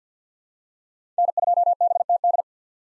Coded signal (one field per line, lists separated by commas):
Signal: Morse code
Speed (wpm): 50 wpm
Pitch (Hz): 700 Hz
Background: none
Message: N2BTD